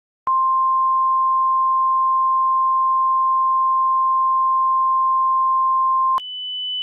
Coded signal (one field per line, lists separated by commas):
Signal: Emergency Alert System (SAME) tones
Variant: 1050 Hz attention tone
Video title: EAS Scenario 8: Five Nights at Freddy’s